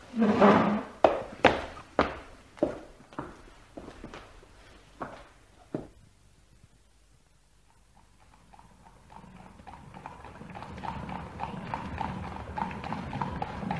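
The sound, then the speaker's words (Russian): Hooves of a horse-drawn carriage waiting at the door clip-clop in a steady, loud rhythm of about a dozen sharp knocks that gradually fade, followed by a low, rising rumble with no talking. “Мой экипаж у дверей.”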